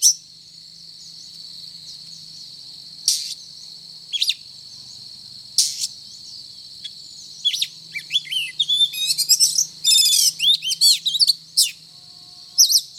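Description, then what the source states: Oriental magpie-robin: a few isolated harsh bursts, then a fast, jumbled stream of chirps, trills and whistled notes in the second half, with a faint low hum. Title calls the bird 'gacor' (Indonesian: singing often and vigorously).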